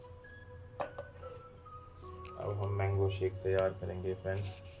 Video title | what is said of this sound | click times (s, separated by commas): bajaj mixer grinder unboxing / bajaj mixer grinder 500w / bajaj mixer grinder review | लगाने के बाद इनको क्लाकवाइज घुमा देंगे और यह लॉक हो जाएगा | 0.8 s